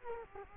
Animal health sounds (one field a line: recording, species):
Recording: mosquito wingbeat signal from an infrared sensor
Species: Culex quinquefasciatus